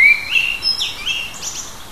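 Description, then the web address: Bird song: a brief rapid string of thin whistles and twittering chirps, strongest at the start and fading toward the end. Native birds of a hedge habitat, recorded in June. "oeko hecke vogel juni vogel heimisch"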